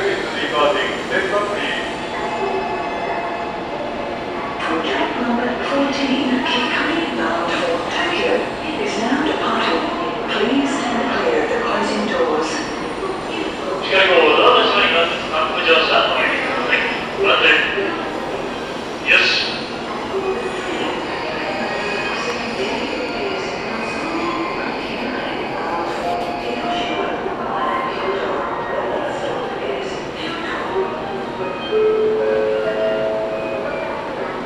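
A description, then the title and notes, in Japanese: Aboard a Tokaido Shinkansen Kodama unreserved car, passengers' voices chatter over a steady train rumble, with brief clinks and a short tone near the end. 東海道新幹線 名古屋→豊橋 こだま号自由席。14号車に乗車しました。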